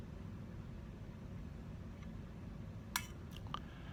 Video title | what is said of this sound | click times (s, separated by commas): Clean and Oil Valves on a Trumpet | There it is. There's the click. And now the valve is locked. | 3.0 s